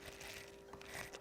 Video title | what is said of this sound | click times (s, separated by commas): Montolit MasterPiuma P5 Unboxing | seems like it's bent yeah it definitely doesn't snap in like that | none